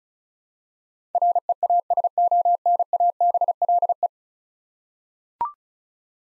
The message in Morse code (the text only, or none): REASONABLE